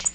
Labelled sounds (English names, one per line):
Tennessee Warbler flight call